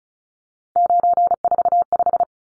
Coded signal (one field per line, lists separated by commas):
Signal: Morse code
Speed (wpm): 34 wpm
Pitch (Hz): 700 Hz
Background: none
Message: 945